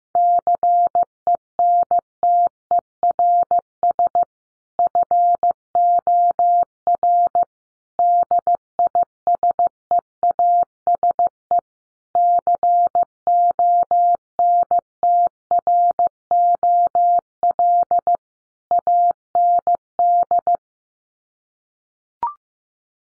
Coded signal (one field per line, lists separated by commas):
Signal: Morse code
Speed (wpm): 15 wpm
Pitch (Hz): 700 Hz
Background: none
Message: CENTERS FOR DISEASE CONTROL AND